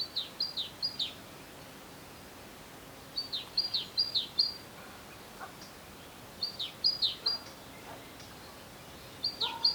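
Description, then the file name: Great tit giving short groups of three or four high, downward-sliding notes, repeated roughly every three seconds over a quiet background. "Parus major"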